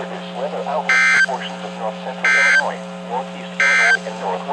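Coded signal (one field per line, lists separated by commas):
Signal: Emergency Alert System (SAME) tones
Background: speech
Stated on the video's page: Severe thunderstorm warnings and a special marine warning received on a radio.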